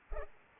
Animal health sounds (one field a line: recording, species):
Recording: mosquito wingbeat signal from an infrared sensor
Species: Culex pipiens